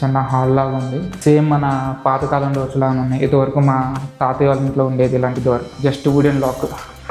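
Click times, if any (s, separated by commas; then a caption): none. Someone talks over steady music while handling an old wooden sliding bolt lock on a door in a historic fort, working it to slide the bolt shut. The clip ends before the bolt goes home, so nothing has seated or clicked yet.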